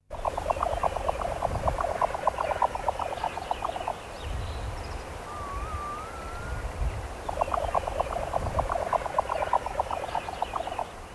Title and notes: Viikon luontoääni: Jänkäkurppa. Pertti Koskimies